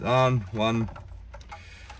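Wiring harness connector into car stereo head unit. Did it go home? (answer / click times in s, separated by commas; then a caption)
yes / 1.3 s. Someone talks, then a second wiring harness connector is pushed into the factory stereo head unit of a 2020 to 2023 Toyota Hilux. Its locking tab clicks at 1.3 s, followed by a couple of faint ticks. The connector is seated.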